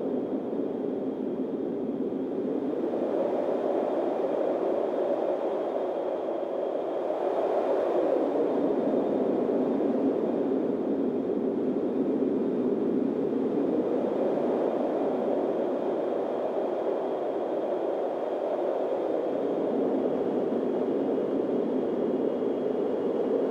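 Steady windstorm roar, low and dense, swelling and easing in slow gusts around eight and fifteen seconds, with a faint thin whistle above.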